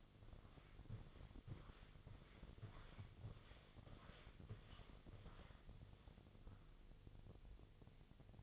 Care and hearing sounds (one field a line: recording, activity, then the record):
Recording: daily activity, microphone in the room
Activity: walk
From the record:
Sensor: 4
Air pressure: 1001.3 hPa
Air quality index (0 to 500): 177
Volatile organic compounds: 2 ppm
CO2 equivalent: 1272 ppm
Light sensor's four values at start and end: 14/32/13/13 and 14/33/13/14